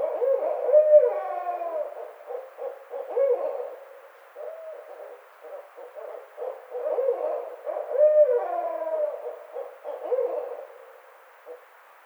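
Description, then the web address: Barred owl caterwauling, with two bouts of excited cackling and sliding wavering calls separated by rhythmic hooting, tapering off at the end. Recorded on 29 May 2009. "sounds birds Barred Owl 2009 05 29 Barred Owl"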